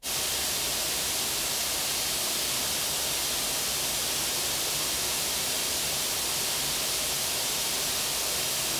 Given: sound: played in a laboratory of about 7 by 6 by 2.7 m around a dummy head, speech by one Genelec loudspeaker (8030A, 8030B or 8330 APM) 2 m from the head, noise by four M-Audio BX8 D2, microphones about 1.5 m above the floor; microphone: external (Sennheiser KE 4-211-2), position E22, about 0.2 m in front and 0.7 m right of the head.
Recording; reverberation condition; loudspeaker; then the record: white noise; medium; four, about 170 cm from the corners of the room and facing them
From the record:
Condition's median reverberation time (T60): about 510 ms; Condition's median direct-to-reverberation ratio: about -0.5 dB